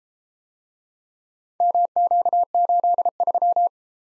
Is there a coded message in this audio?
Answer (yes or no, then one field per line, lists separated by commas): yes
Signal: Morse code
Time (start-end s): 1.6-3.7 s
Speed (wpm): 33 wpm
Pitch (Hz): 700 Hz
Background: none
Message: MQ83